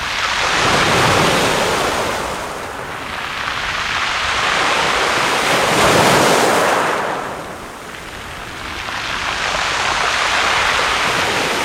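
Ocean waves wash in and out in broad, slow swells, loudest around one, six and ten seconds and easing between. The rush of surf is dense and hissing, with a steady wind-like roar underneath and no other sounds.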